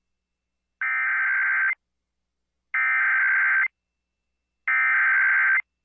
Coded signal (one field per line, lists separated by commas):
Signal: Emergency Alert System (SAME) tones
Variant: header bursts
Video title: (CHILD FOUND DEAD) Virginia Amber Alert on WDLZ (New EAS #601)